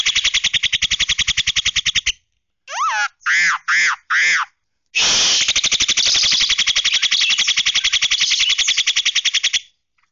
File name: suara jalak kerbau